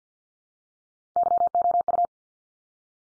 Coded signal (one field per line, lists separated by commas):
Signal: Morse code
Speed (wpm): 48 wpm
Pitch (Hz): 700 Hz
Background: none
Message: YOU